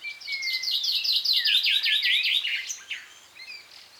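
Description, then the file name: Common chaffinch singing a quick series of bright, repeated notes ending in a short flourish, followed by softer chirps. "Fringilla coelebs"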